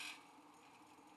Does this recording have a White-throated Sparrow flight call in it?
no